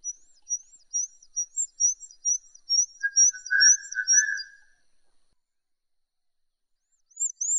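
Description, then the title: Horsfield's bush lark song: a rapid series of high, thin, arched notes, with a lower buzzy sound partway through, then a pause before the notes resume. "Suara Burung Branjangan"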